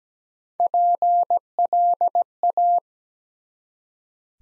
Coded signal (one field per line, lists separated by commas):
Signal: Morse code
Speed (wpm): 17 wpm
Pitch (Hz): 700 Hz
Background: none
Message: PLA